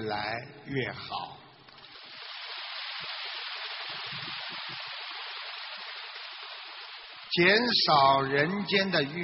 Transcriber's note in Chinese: 掌声